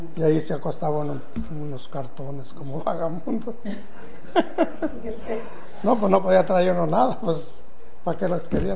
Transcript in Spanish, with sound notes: y ahí se acostaba uno en unos cartones, como vagabundo. (risas) Fíjese. No, pos no podía traer uno nada, pos, ¿pa qué las quería?